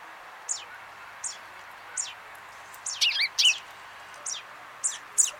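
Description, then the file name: Common chaffinch calls: short, high, thin notes that drop sharply in pitch, repeated several times, with a few louder doubled notes in the middle. "Fringilla coelebs"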